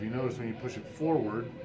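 Someone talks while the rear locking cover on a CAA Micro Roni pistol chassis for a Glock 17, 22 or 31 is being pushed forward. No click or snap is heard, and the cover has not yet locked into place.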